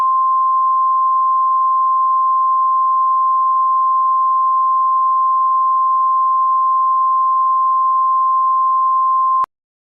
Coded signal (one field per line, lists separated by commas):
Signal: Emergency Alert System (SAME) tones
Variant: 1050 Hz attention tone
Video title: EAS Scenario #2: Unholy Deliveries (Easter Special)